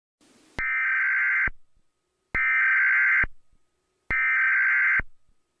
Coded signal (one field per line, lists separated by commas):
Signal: Emergency Alert System (SAME) tones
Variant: header bursts